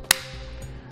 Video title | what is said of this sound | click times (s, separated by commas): etrailer - Yakima Roof Rack Installation - 2012 Toyota 4Runner Y00147 | piece first and we're going to give it a good push until it clicks then | 0.1 s